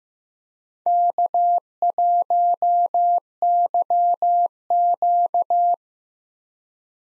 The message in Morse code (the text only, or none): K1YQ